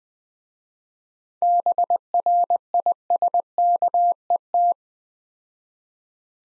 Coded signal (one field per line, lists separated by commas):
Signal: Morse code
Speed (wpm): 20 wpm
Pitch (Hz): 700 Hz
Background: none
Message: BRISKET